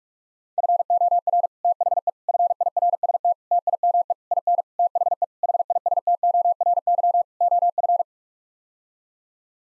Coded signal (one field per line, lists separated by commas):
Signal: Morse code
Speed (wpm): 41 wpm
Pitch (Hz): 700 Hz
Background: none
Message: FOR THE FIRST TIME IN THE HISTORY OF